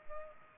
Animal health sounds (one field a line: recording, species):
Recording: mosquito wingbeat signal from an infrared sensor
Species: Culex pipiens